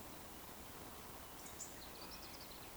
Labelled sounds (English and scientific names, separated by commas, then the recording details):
Eurasian Woodcock (Scolopax rusticola) whistle
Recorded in Baden-Württemberg, Germany, on 11 June 2020 at 19:15 UTC
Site 14569, 102 m above sea level